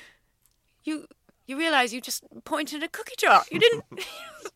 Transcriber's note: in British accent